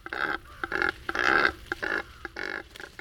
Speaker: cormorant has only one set of muscles to control its syrinx.